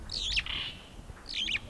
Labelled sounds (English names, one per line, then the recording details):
Superb Starling flight call
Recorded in Kenya